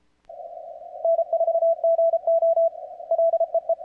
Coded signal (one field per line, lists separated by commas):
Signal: Morse code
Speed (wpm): 33 wpm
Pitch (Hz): 660 Hz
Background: none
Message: N4GO LEE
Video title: CWOPS 4TH OF JULY FUN